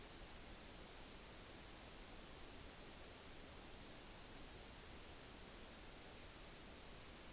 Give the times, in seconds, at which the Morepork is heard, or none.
none